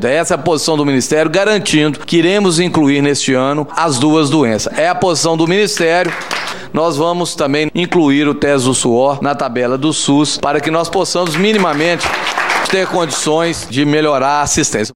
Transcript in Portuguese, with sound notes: Esta é a posição do Ministério, garantindo que iremos incluir neste ano as 2 doenças. É a posição do Ministério (palmas) Nós vamos também incluir o "Teste do Suor" na Tabela do SUS para que nós possamos minimamente (palmas) ter condições de melhorar a assistência.